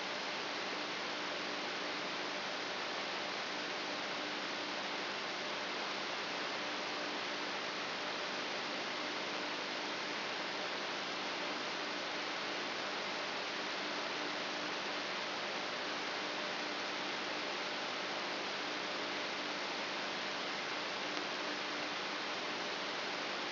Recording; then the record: brain microelectrode recording played as sound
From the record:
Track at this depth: inside the subthalamic nucleus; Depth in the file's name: 6.416 mm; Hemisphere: left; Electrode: 3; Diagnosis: Parkinson's disease